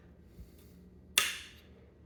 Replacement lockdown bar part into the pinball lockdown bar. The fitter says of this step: I snapped into place pretty good